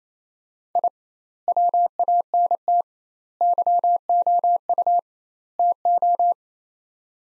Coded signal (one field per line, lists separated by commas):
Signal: Morse code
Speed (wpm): 28 wpm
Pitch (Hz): 700 Hz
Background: none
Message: I WANT YOU TO